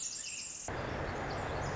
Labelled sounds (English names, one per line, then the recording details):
Pacific Wren
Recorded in Sonoma County, California